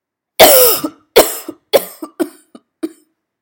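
A run of about six harsh coughs from an adult, the first strongest and longest, then fading into shorter, weaker bursts.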